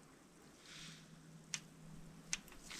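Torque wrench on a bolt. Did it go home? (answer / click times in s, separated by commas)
yes / 1.5 s, 2.3 s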